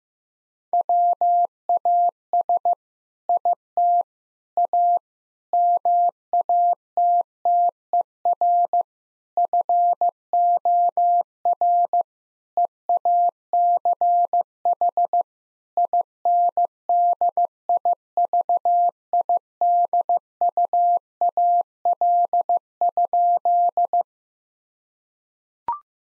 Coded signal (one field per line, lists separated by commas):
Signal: Morse code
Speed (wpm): 16 wpm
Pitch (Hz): 700 Hz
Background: none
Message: WAS IT A MATTER FOR EACH INDIVIDUAL?